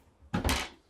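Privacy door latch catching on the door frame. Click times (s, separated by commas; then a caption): 0.3 s, 0.5 s. The bathroom privacy door in a Winnebago View/Navion 24D motorhome is pushed shut, and its latch catches on the door frame with a sharp knock at 0.3 s and a second click at 0.5 s. The door latches shut at two points and is seated closed.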